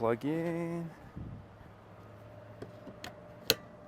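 Someone talks briefly, then a DC fast-charger plug is pushed into the charging inlet of a Mach-E extended range AWD premium electric car. After a couple of faint ticks, it latches with a sharp click at 3.5 s and the connector is seated.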